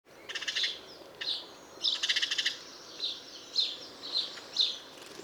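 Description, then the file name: House sparrow chirps, short bright notes in loose clusters, with a fast burst of repeated chirps near two seconds, over a steady hiss. "Passer domesticus"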